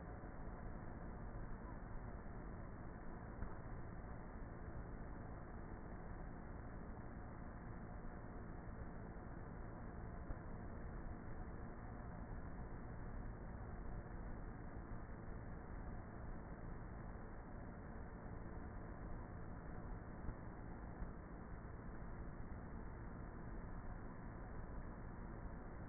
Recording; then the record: honeybee colony, microphone inside the hive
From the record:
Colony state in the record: queenless with a low population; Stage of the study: before two queens were removed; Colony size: about 30,000 bees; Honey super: no